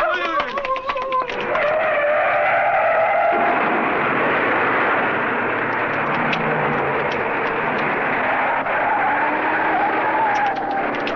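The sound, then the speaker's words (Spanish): A car engine revs loudly and steadily, with tires squealing in a long, high skid over the continuous roar of driving. “¡Pero si ese es mi auto!”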